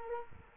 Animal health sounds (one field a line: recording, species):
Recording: mosquito wingbeat signal from an infrared sensor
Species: Culex quinquefasciatus